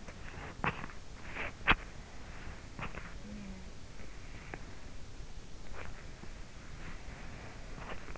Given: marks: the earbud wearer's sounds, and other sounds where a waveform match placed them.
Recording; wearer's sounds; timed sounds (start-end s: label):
sounds in sleep by an in-ear microphone; teeth grinding
0.18-3.89 s: teeth grinding
4.12-8.17 s: teeth grinding